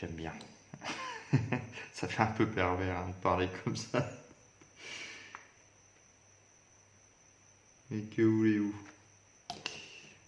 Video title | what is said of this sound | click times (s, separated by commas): Tamiya Peugeot WRC 2001 Part5 : Pose des trains | s'emboîte bien | 9.5 s, 9.7 s